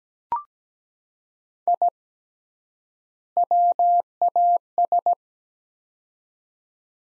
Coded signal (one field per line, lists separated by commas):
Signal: Morse code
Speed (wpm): 17 wpm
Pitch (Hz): 700 Hz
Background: none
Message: I WAS